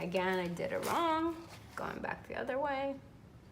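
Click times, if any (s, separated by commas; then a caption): none. A plastic zip tie tail is being handled and turned back the other way to go into its own ratchet head while someone talks. No ratchet click is heard, and nothing has seated or clicked yet.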